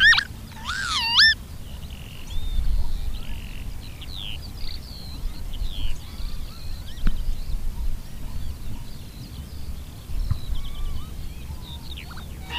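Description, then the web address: Northern lapwing gives a few strong, wheezy calls at the start, then fainter chirps and whistles from other birds over a steady low rumble. "agykontroll Madardalok Cd 3. Bíbic"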